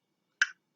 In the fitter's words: snaps right in there - right on the top so